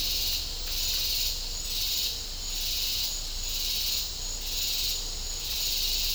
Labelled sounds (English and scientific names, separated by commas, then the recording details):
none
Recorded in dense forest near Puerto Asís, Putumayo, Colombia, on 20 December 2024 at 09:30
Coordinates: 0.499, -76.324
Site G045